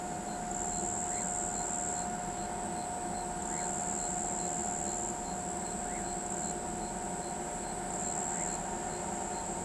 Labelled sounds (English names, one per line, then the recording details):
none
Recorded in pastures near Pivijay, Magdalena, Colombia, on 16 April 2023 at 02:00
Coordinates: 10.456, -74.369
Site P6-G026